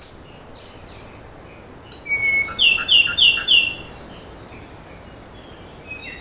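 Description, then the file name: Ryukyu robin phrase: a thin high whistle, then four quick, evenly spaced ringing notes over about a second, with soft chirps around it. Recorded on Nakanoshima, Japan, on 25 May 2025. "akahige nakanoshima sekishinichi"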